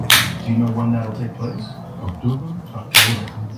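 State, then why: Seated. A replacement sunglass lens for Ray-Ban Meta smart glasses is lined up and pressed into the frame. Someone talks, and a sharp click at 3.0 s marks the lens snapping into place, fully seated.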